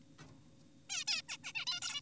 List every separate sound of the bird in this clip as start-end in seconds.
0.19-0.25, 0.90-1.04, 1.08-1.22, 1.29-1.38, 1.44-1.52, 1.55-1.65, 1.67-1.80, 1.82-2.01